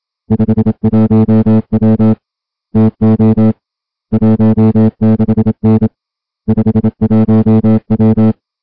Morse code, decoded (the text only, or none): 51W TO 16N 51W